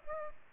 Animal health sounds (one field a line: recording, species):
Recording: mosquito wingbeat signal from an infrared sensor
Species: Aedes aegypti